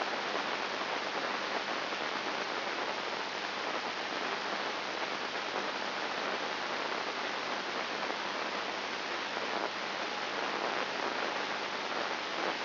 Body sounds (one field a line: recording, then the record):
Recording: brain microelectrode recording played as sound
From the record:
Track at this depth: inside the subthalamic nucleus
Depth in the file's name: 3.501 mm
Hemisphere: left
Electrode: 2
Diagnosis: Parkinson's disease